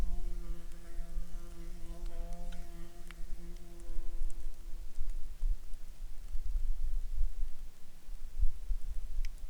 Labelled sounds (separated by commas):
rain, insects